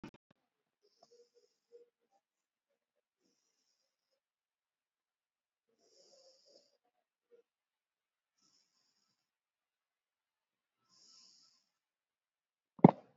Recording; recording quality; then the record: shallow breathing; excellent, no background noise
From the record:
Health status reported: COVID-19 positive, moderate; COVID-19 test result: positive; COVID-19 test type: RT-PCR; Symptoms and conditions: cold, breathing difficulty, sore throat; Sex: male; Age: 53 years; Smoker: no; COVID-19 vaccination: one dose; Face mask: worn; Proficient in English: yes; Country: India